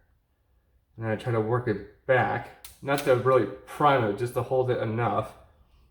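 A plastic plunger and its spring are worked back inside a toy blaster, just enough for the plunger to hold on the sear without fully priming it, while someone talks throughout. Nothing has seated or clicked yet when the clip ends.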